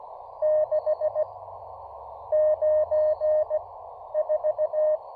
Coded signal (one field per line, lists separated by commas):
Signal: Morse code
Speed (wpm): 18 wpm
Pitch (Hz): 590 Hz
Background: none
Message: 6 9 4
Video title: Taking the KM4ACK 40 meter EFHW on its maiden QRP field activation!